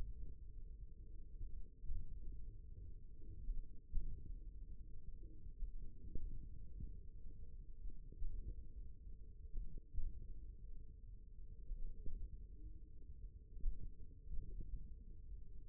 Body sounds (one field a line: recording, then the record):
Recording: forearm muscle sounds (acoustic myography)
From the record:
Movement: hand opening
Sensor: system 1, eight BSWA MPA416 microphones around the upper forearm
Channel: 2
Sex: male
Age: 54 years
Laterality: right